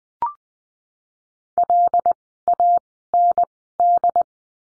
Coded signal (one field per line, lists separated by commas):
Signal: Morse code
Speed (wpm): 20 wpm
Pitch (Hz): 700 Hz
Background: none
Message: LAND